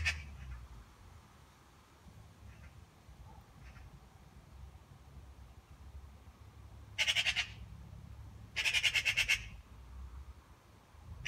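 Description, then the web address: Eurasian magpie giving harsh rattling chatter in a few short bursts over a quiet low rumble. "voix de pie"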